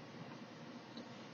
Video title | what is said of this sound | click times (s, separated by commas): Dark Schnider, The Bastard, Action Figure review | And if you put it in the right way, you hear it snap back in. | 1.0 s